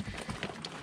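The front end of a Kubota LX2980 commercial snowblower's drive shaft sliding spline coupler is pushed onto the mid PTO shaft of a Kubota LX2610 compact tractor until it locks. Against steady broadband noise, two short, sharp clicks sound at about 0.4 s and 0.7 s as the coupler snaps into place. The coupler is seated on the shaft.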